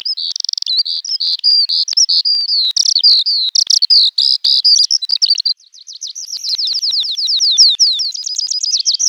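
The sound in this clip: Bird singing a fast, continuous twitter of high chirps and trills, briefly pausing midway before resuming with quick repeated downslurred notes.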